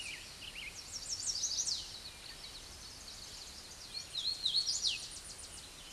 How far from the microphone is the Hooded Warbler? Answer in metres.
about 25 m